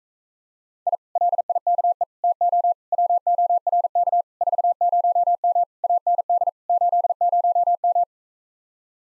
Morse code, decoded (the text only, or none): I LIKE TO WORK 40M AND 80M